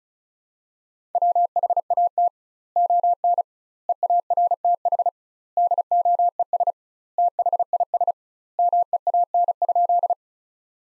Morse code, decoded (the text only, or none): WHAT ON EARTH DOES THIS MEAN?